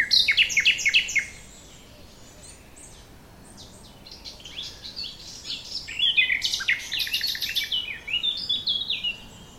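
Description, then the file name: Common nightingale song with fast, jumbled chirping phrases, a long quiet stretch with faint notes, then a lively stretch of varied rising and falling notes. "Luscinia megarhynchos"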